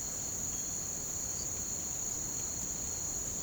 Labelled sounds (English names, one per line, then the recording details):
none
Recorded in pastures near Puerto Asís, Putumayo, Colombia, on 25 June 2025 at 07:00
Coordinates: 0.472, -76.331
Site G095